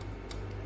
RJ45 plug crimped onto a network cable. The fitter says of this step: Nah, ada suara klik seperti itu berarti tandanya dia sudah bisa connect.